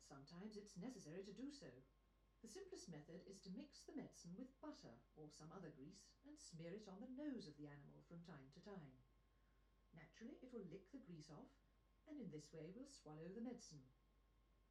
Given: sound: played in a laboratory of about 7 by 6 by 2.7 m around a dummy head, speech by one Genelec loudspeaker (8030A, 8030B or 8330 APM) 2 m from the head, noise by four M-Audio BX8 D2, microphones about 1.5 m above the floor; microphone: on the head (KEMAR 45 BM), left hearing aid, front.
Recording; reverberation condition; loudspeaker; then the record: female speech in English; low; 120 degrees to the right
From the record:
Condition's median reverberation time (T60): about 310 ms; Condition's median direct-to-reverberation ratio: about 3.5 dB